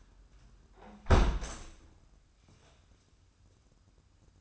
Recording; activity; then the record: daily activity, microphone in the room; close window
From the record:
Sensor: 2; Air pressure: 994.2 hPa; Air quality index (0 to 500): 209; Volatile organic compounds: 1000 ppm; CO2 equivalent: 6918 ppm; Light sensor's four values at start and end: 69/159/66/66 and 67/156/64/63